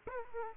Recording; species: mosquito wingbeat signal from an infrared sensor; Aedes aegypti